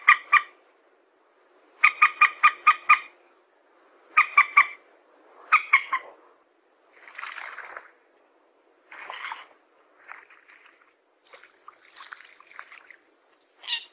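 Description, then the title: Yellow-vented bulbul calls, quick bubbling bursts of a few notes, followed by softer scratchy chatter and a final short note. Bird lure recording. "PIKAT TRUCUKAN"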